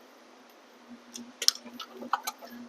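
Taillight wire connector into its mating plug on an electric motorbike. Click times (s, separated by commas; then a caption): 1.5 s. A small plastic taillight wire connector on an electric dirt bike, a Talaria Sting, is pushed into its mating plug under the seat area during a seat swap. A few soft plastic rubs and ticks are followed by a sharp, fast-decaying click at 1.5 s, when the connector seats. More light handling ticks follow.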